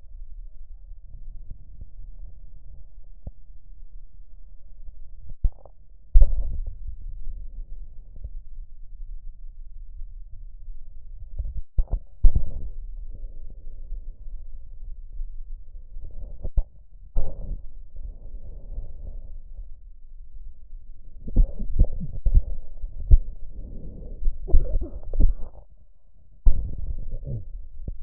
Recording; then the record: lung sounds by stethoscope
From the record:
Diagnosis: chronic bronchitis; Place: left posterior upper chest